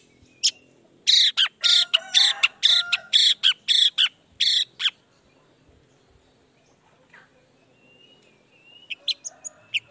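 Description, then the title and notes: Long-tailed shrike giving a loud burst of grating, rasping notes, then a pause and a few thin, high squeaks. Shrike's lively 'gacor' morning song with 'toet toet' sound variation, played to provoke other shrikes into responding quickly. "Cendet Gacor Dor Di Kala Pagi Toet Toet Variasi Suara. Cendet Gacor Langsung Nyaut Emosi Hanya dengan Sekali Putar Bikin Cendet Lainya Cepat Respon Bunyi. Burung cendet"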